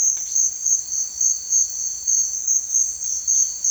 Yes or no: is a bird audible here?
no